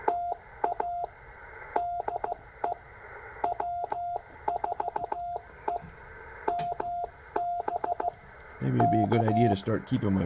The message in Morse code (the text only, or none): TA DE W4EMB K